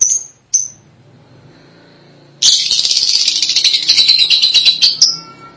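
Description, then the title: Lovebird chatter: two brief high chirps, a quiet pause, then a sustained burst of fast, rattling high-pitched twittering. "BM Suara Burung Lovebird"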